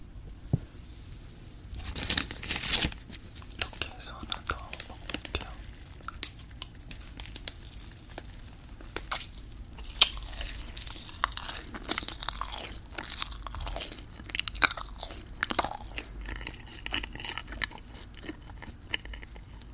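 Someone eats marshmallows with soft, wet chewing and sticky tearing sounds that come in irregular bursts throughout. Sharper crackles and brief smacks break in often, especially near the start and middle, over a steady low hum.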